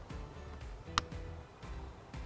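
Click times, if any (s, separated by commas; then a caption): 1.0 s. A plastic retainer lock (wedge) is pushed into a multi-pin Deutsch connector housing after the wire pins are inserted. A sharp, brief click sounds at 0.98 s over low background music. The retainer lock clicks home and the connector is seated.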